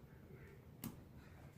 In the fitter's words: all right there we go and it snaps back in not fun but it did the trick okay